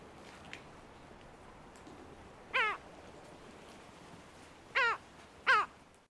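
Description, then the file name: Lava gull calls, three short harsh cries, a single one then a close pair about two seconds later, over a low steady background hiss. "Canto da Gaivota da Lava"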